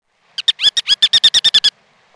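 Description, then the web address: Ruddy turnstone giving a rapid chattering rattle of about a dozen sharp, high notes, delivered in under one and a half seconds. "Peterson North American Birds. rutu"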